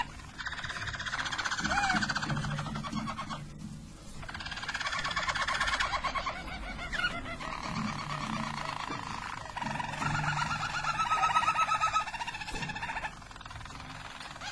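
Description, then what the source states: Harz Roller canary singing several long bursts of rolling, trilled song separated by brief pauses. Harz Roller canary song, called the Belgian canary in the Portuguese source.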